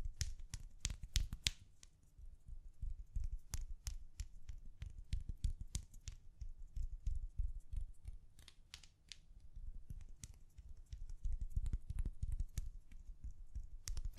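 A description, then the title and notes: Gentle tapping, a steady stream of soft, quick taps with a dull low thump and a brief bright click on many strikes. The pace is dense and irregular, slackening around two and ten seconds before picking up again, with no other sounds behind it. ASMR Gently Tapping You to Sleep (No Talking).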